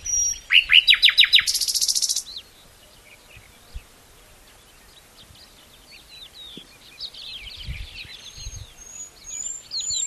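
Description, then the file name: Common nightingale singing a loud, fast burst of repeated sweeping notes followed by a buzzy rattle, then quieter twittering and a few low thuds. "Luscinia megarhynchos"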